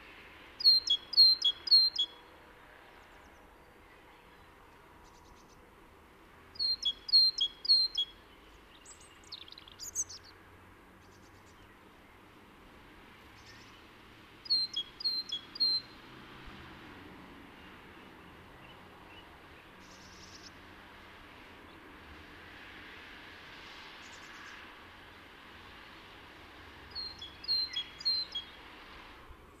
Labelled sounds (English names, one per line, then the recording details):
Great Tit call
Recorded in the wild
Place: Kaiserslautern, Rheinland-Pfalz, DE
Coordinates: 49.4247, 7.77889
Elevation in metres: 279
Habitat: garden
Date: 1977-04-13
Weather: Wind, Regen
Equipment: Nagra IV, Sennheiser MKH 405, Parabolreflektor
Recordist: Tretzel, Erwin